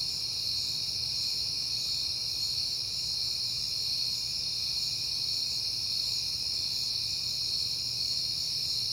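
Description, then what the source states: Crickets in an unbroken high whir, with a low hum in the background. Crickets at night in September, on a peaceful night.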